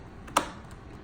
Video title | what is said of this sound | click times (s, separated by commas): Level 1 Rapid Infuser Tutorial | sure it's snug and tight you'll hear a little clicking sound | 0.4 s